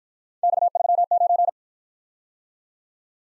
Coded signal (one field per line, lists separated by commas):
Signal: Morse code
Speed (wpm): 51 wpm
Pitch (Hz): 700 Hz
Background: none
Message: X39